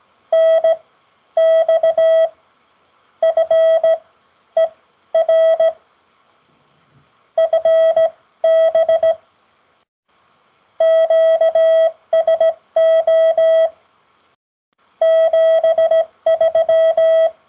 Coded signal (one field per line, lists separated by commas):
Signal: Morse code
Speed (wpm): 16 wpm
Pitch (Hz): 650 Hz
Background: none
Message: NX FER FB QSO 73